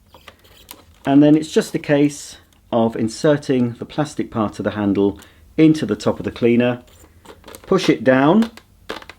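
Someone talks while the plastic end of the handle is inserted into the top of a Bissell SpinWave powered hard floor mop body, with a few faint ticks and handling noises around the speech. The handle has not yet been pushed home, so nothing has seated or clicked yet.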